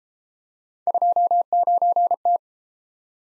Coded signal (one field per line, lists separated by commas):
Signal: Morse code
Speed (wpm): 32 wpm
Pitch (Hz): 700 Hz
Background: none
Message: 29T